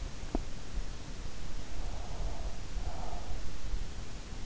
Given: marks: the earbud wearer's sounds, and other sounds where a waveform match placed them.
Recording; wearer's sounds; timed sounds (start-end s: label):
sounds in sleep by an in-ear microphone; teeth grinding, breath
0.00-0.74 s: teeth grinding
1.49-3.83 s: breath